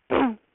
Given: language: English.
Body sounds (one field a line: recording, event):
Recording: throat vibration sensor signal played as sound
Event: throat clearing